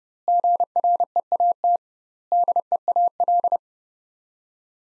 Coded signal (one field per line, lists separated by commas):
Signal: Morse code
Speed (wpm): 30 wpm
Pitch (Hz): 700 Hz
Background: none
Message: GREAT DEAL